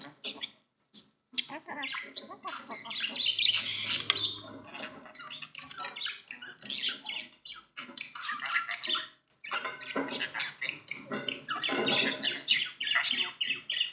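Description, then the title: Budgerigar chatter, dense and scratchy, with squawky notes, running with only a few short breaks. "Budgie Sounds"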